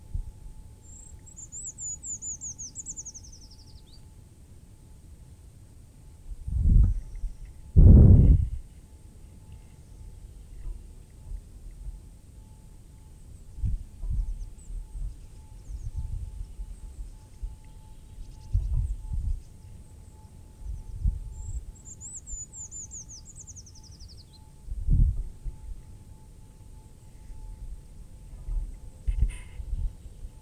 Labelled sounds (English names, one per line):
Eurasian Treecreeper song